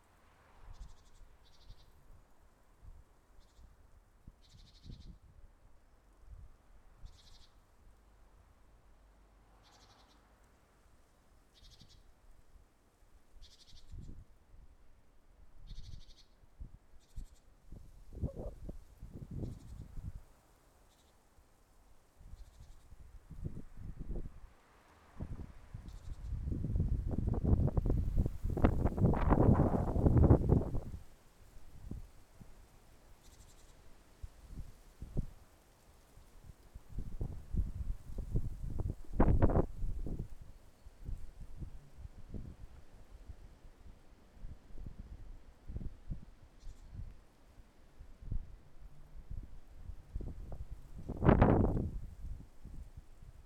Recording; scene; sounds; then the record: everyday scene through a hearing-aid microphone; wind on the microphone; wind, traffic, birds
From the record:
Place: suburban garden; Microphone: behind the ear, left, front